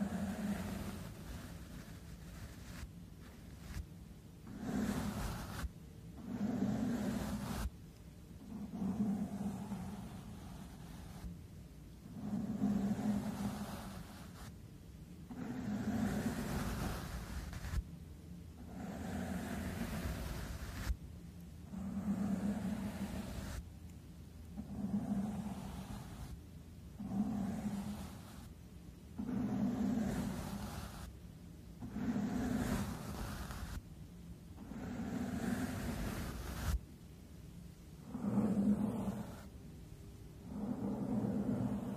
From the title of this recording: MICROPHONE BRUSHING, SCRATHCHING & STROKING